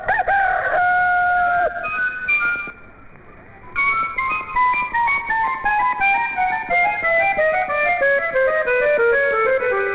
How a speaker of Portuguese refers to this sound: Meu galinho canta aqui, né? E o galo da nossa vizinha canta lá longe também. O nosso galo canta com mais força, não é verdade?